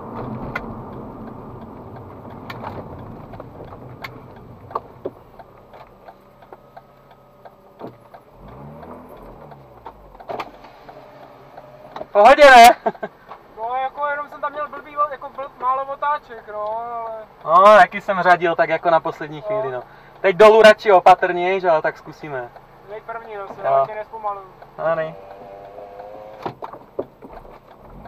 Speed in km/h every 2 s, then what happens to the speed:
33, 22, 7, 0, 0, 0, 0, 0, 0, 0, 0, 0, 0, 0.
0-6 brakes to 0. 6-28 standing.